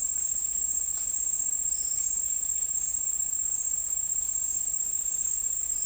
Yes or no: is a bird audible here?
no